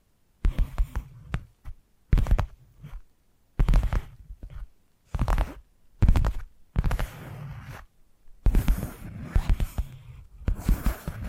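Tapping triggers come in short bursts of quick, dull knocks separated by brief silences, roughly every second or two. Each burst has a thumping low body with some crisp clicking on top, and the later bursts grow longer and denser, with a soft hiss between taps.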